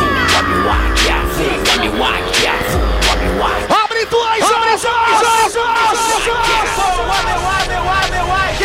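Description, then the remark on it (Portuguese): A large crowd at a live Super Pop Live sound-system show in Ourém, Brazil, in May 2018, shouts and cheers continuously, a dense roar of overlapping voices with whoops and yells rising above it, loud and sustained throughout, with a brief dip near the middle. “Grita, meu Águia!”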